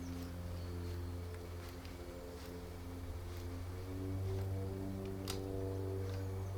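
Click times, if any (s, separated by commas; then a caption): 5.3 s. A rapid-fire crossbow is cocked with a winch until its string lock engages, over a steady low tonal hum. A faint, sharp click at 5.3 s marks the lock engaging, after which the winch can be disengaged.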